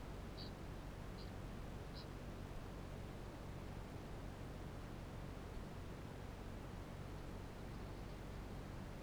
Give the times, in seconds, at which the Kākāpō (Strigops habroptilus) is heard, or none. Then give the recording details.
0.00-2.28. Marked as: faintness 4/5. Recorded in New Zealand. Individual Barnard